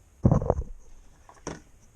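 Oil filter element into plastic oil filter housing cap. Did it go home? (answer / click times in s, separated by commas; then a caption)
yes / 0.5 s, 1.5 s. A new paper oil filter element for a Mk5 Golf R32, its O-ring lubed, is pushed into the plastic oil filter housing cap. A burst of rubbing and handling opens the clip, and sharp clicks at 0.5 s and 1.5 s are heard. The element is seated in the cap.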